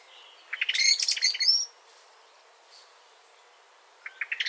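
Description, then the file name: Common blackbird giving a burst of high, chattering twitter, a long pause, then another brief twittering start at the end. "Turdus merula"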